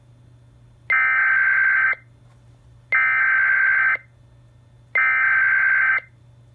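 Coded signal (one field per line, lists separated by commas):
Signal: Emergency Alert System (SAME) tones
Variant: header bursts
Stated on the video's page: SAME tones from NOAA weather radio for a Local Area Emergency.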